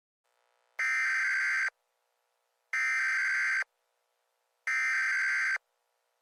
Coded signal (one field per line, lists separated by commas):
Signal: Emergency Alert System (SAME) tones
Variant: header bursts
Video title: (PREVIEW) |EAS Scenario #23| The Force of Herobrine (Uncancelled/Updated Title Name)